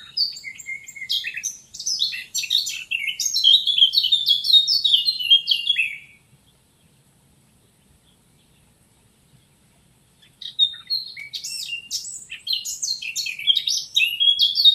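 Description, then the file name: Eurasian blackcap song: fast, scratchy warbling phrases of mixed high notes for six seconds, silence, then warbling again. "Sylvia atricapilla"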